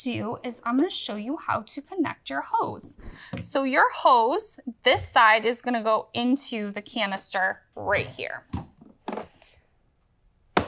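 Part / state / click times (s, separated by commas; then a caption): vacuum hose into canister inlet / seated / 10.6 s. Someone talks while pushing the hose end of a Miele Blizzard CX1 Pure Suction Bagless vacuum into the inlet port on its canister, with a few small knocks around 9.1 s. A sharp click at 10.6 s marks the hose seating, and it is confirmed connected.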